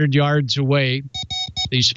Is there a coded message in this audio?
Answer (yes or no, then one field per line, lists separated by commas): no